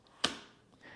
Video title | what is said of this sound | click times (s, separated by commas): Setup Astro with Hovermap - Tutorial | so I'm just going to make sure that we're sliding onto the dovetail and you hear a nice positive click when it slides into place | 0.2 s